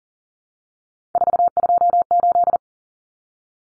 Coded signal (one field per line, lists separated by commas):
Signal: Morse code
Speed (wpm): 40 wpm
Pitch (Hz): 700 Hz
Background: none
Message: 428